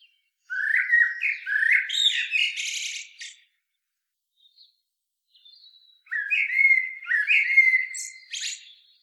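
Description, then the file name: Common blackbird song in two phrases: rich rising fluted whistles ending in a scratchy high flourish, a pause, then more mellow whistling with a sharp squeak. "Turdus merula"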